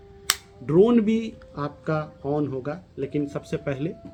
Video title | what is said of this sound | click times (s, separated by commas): My first drone - DJI mavic mini 2 fly more combo unboxing - डरते डरते पहली बार drone उड़ाया | और इसे चार्ज करने के बाद जब आप ऐसे लगाएंगे तो थोड़ा सा प्रेस करके लगा दें, ये लग गया, खट से बैठ जाता है। | 0.3 s